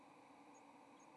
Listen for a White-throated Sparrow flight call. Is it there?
no